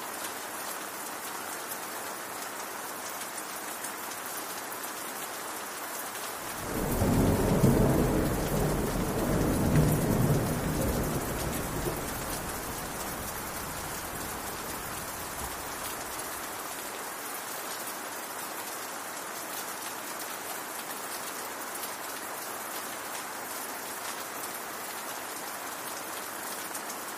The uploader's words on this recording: Rain On Castle With Thunder And Lightning.